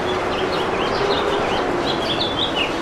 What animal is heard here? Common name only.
House Finch